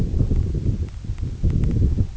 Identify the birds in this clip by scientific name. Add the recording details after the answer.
none. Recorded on Arctic tundra, site EABA-1, on 26 June 2018. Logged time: 08:00